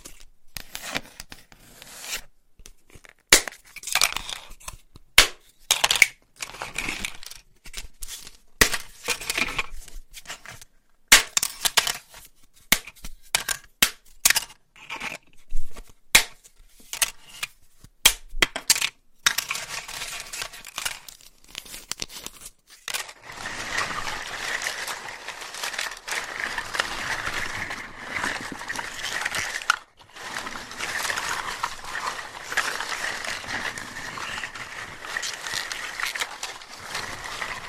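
Dry pasta being tapped and scratched, first as a quick irregular run of sharp clicks and short scrapes with brief gaps for about twenty-three seconds. Then it turns to a steady, continuous scratchy tracing with a bright hiss that holds to the end, briefly pausing near thirty seconds.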